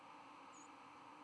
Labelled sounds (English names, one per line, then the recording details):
White-throated Sparrow flight call
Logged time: 07:07 on 5 November 2014